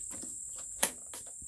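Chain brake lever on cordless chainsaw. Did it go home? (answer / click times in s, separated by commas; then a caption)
released / 0.8 s. The plastic chain brake lever on a Husqvarna battery-operated chainsaw is pulled back to disengage the engaged brake, giving a single sharp click at 0.8 s over a steady high-pitched background hiss, with a fainter tap around 1.2 s. The chain brake is released.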